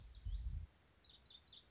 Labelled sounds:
Lazuli Bunting
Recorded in Sonoma County, California

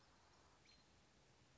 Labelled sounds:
American Robin
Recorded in Sonoma County, California

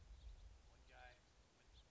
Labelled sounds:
House Finch
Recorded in Sonoma County, California

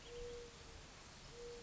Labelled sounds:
Mourning Dove
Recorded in Sonoma County, California

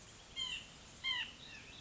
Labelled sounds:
White-breasted Nuthatch
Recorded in Sonoma County, California

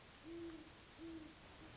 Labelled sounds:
Great Horned Owl
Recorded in Sonoma County, California

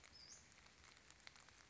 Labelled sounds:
Western Flycatcher
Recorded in Sonoma County, California

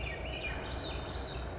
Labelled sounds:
Swainson's Thrush
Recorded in Sonoma County, California

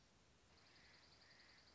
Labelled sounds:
Dark-eyed Junco
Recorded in Sonoma County, California

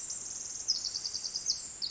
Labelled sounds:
Pacific Wren
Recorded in Sonoma County, California

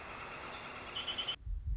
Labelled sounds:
Northern Flicker
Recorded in Sonoma County, California

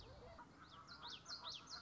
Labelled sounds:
Common Yellowthroat
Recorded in Sonoma County, California

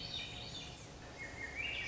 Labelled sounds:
Swainson's Thrush
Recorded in Sonoma County, California

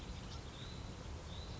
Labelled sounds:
Hutton's Vireo
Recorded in Sonoma County, California

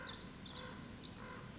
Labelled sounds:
Common Raven
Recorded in Sonoma County, California

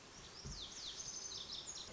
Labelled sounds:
Lazuli Bunting
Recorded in Sonoma County, California

